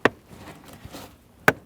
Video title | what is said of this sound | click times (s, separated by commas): How to Replace Cabin Filter 2010-2019 Ford Taurus | You can hear them lock into place. | 0.1 s, 1.5 s